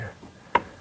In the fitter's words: then it should just turn to go lock into place. Should go pretty smooth right in there.